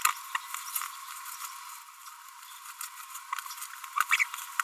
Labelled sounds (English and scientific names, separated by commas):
Green-rumped Parrotlet (Forpus passerinus) babbling